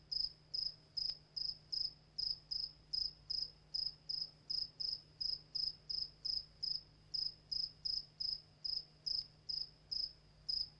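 Cricket chirping: short high pulsed chirps repeated steadily about two to three times a second, over a faint low hum.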